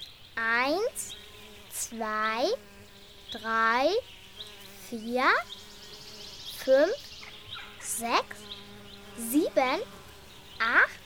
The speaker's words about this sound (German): 1, 2, 3, 4, 5, 6, 7, 8, 9, 10. Da summen 10 Bienen. Eine Biene fliegt weg.